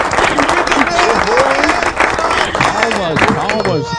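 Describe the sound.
A steady burst of crowd applause, dense and loud for about four seconds, with voices calling out and chattering over the clapping throughout.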